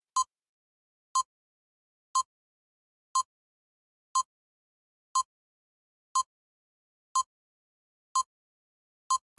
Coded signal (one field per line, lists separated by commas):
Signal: none